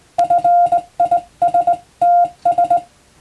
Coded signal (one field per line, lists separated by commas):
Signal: Morse code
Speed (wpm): 20 wpm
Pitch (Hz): 700 Hz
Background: none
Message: FISTS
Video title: スマホがありながらなぜモールスなのか？自分で信号を操れる匠の技を覚えてみませんか？通信技術の原点！アマチュア無線の受信練習にも(morse code practice radio operator )